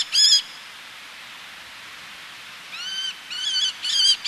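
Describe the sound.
Eleonora's falcon gives a single harsh note, then a pause, followed by a short burst of three or four rasping calls.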